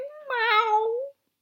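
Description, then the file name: Cat meowing once, a drawn-out tonal meow that swells in the middle and rises slightly at the end before stopping. "katze"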